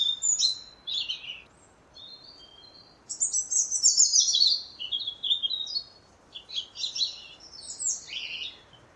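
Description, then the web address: European robin song, a run of high, thin, tumbling warbles and trills with quick pitch changes, a louder descending flourish in the middle. "Deverinetal 2025 File origin Bird Only Er Ru"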